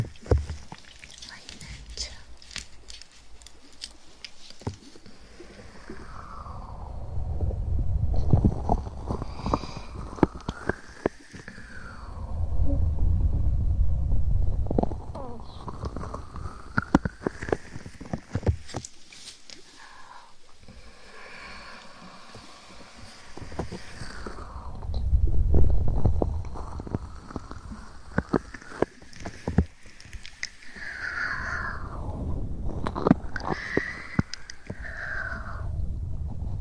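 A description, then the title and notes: Ear massage with wet mouth sounds: rubbing swells that sweep up and down in pitch, crisp clicks and smacks, and soft low rumbles. Ear Massage & Mouth Sounds.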